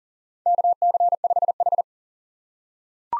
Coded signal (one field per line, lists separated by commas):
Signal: Morse code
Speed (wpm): 40 wpm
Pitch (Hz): 700 Hz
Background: none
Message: KC5H